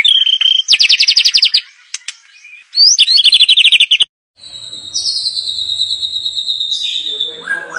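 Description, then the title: White-rumped shama song: fast pulsed high trills and clicks, then a long sustained whistle sliding slowly downward, ending with a lower rising note. Lure song of a lively singing bird, meant to make birds respond on first hearing. "PANCINGAN MURAI BATU GACOR, SEKALI DENGAR LANGSUNG RESPON"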